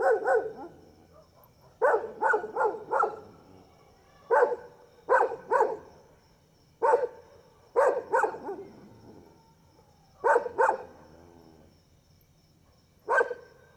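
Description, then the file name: Dog barking in short bursts, often two or three quick barks together, repeated irregularly every second or two over a faint steady hum. Several dogs barking, first far then near, at night, with crickets. "Cachorros latindo longe e depois perto a noite com grilo e passa uma moto"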